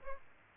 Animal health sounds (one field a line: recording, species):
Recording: mosquito wingbeat signal from an infrared sensor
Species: Aedes aegypti